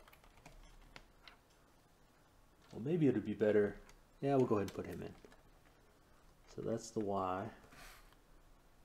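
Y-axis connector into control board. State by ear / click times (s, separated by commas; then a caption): not seated / none. A Y-axis connector is being handled near the control board of a Prusa i3 MK3 printer, about to be plugged in. Someone talks over a few faint taps and clicks in the first second or so of quiet handling. Nothing has seated or clicked into place yet.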